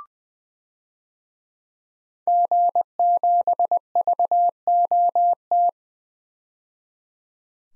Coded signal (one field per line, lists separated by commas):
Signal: Morse code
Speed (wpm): 20 wpm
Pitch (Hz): 700 Hz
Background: none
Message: G7VOT